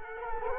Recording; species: mosquito wingbeat signal from an infrared sensor; Culex quinquefasciatus